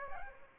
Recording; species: mosquito wingbeat signal from an infrared sensor; Aedes aegypti